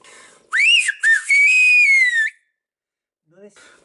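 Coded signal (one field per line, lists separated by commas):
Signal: whistled language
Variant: Silbo herreño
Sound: three gliding whistled phrases rising and falling, then a brief murmur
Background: brief speech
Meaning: Come and eat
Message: ven a comer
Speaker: vamos a poner normalmente se decía ven a comer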